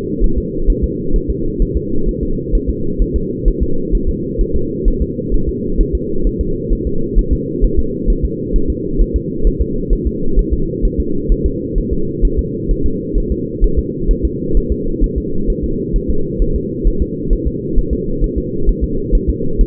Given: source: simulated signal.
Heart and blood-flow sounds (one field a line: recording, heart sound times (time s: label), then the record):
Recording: fetal heart sounds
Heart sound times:
0.24 s: S1
0.38 s: S2
0.70 s: S1
0.84 s: S2
1.16 s: S1
1.30 s: S2
1.62 s: S1
1.77 s: S2
2.09 s: S1
2.23 s: S2
2.55 s: S1
2.70 s: S2
3.02 s: S1
3.16 s: S2
3.48 s: S1
3.62 s: S2
3.95 s: S1
4.09 s: S2
4.41 s: S1
4.56 s: S2
4.88 s: S1
5.02 s: S2
5.34 s: S1
5.49 s: S2
5.81 s: S1
5.95 s: S2
6.27 s: S1
6.41 s: S2
6.73 s: S1
6.87 s: S2
7.19 s: S1
7.33 s: S2
7.64 s: S1
7.79 s: S2
8.10 s: S1
8.25 s: S2
8.56 s: S1
8.70 s: S2
9.01 s: S1
9.16 s: S2
9.47 s: S1
9.62 s: S2
9.93 s: S1
10.07 s: S2
10.39 s: S1
10.53 s: S2
10.85 s: S1
11.00 s: S2
11.32 s: S1
11.46 s: S2
11.78 s: S1
11.93 s: S2
12.25 s: S1
12.39 s: S2
12.71 s: S1
12.86 s: S2
13.18 s: S1
13.32 s: S2
13.64 s: S1
13.79 s: S2
14.11 s: S1
14.25 s: S2
14.57 s: S1
14.72 s: S2
15.04 s: S1
15.18 s: S2
15.50 s: S1
15.64 s: S2
15.96 s: S1
16.10 s: S2
16.42 s: S1
16.56 s: S2
16.88 s: S1
17.02 s: S2
17.33 s: S1
17.47 s: S2
17.78 s: S1
17.93 s: S2
18.24 s: S1
18.38 s: S2
18.69 s: S1
18.84 s: S2
19.15 s: S1
19.29 s: S2
19.61 s: S1
From the record:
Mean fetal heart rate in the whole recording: 130 bpm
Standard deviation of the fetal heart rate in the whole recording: 2 bpm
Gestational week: 38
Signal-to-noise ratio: -8.1 dB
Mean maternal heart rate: 72 bpm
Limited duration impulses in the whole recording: absent